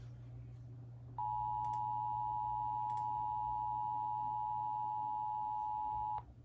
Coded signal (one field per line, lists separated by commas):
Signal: Emergency Alert System (SAME) tones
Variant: 853 and 960 Hz attention tone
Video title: EAS 756: Bismark SVR